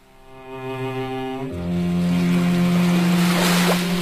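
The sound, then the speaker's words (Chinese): Ocean waves wash and surge against the shore, their hiss swelling in the last couple of seconds beneath steady, sustained musical tones that shift to a lower chord partway through. “海水湛蓝，海风清爽，想去看大海，想在海的面前静静地发呆，孤独地看海，想要和他看海，听海浪的声音被微风吹拂。”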